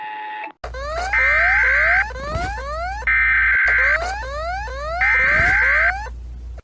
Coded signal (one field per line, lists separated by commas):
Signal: Emergency Alert System (SAME) tones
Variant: header bursts